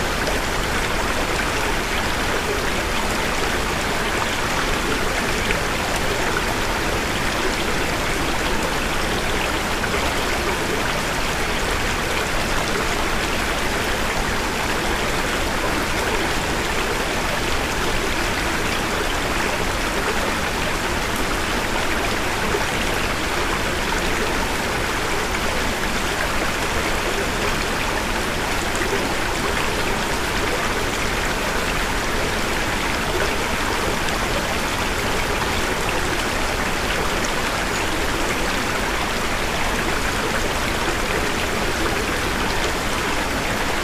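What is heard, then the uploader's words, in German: A small stream runs steadily, its water rushing and splashing in a dense, unbroken wash of sound. The flow is bright, with fine trickling detail over a softer low murmur, holding the same level throughout without pauses or distinct events. Kleiner Bach an einem Herbstmorgen. Small stream on an autumn morning. Heute geht es an einen kleinen Bachlauf im Schwarzwald. Die Aufnahme entstand in der früh, als alles noch in Nebelschwaden bedeckt war.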